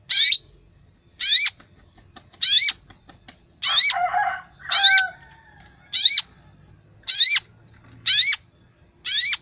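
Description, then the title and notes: Long-tailed shrike calls: harsh, high shrieks repeated about once a second, with a brief, lower, different phrase in the middle. Used to train cage birds. "Masteran Burung Cendet"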